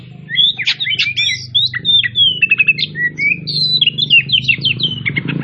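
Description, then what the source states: Oriental magpie-robin pouring out a fast, continuous song of whistles, slurs and trilled notes over a steady low rumbling hum. Kacer Tretes, described as gacor (singing vigorously).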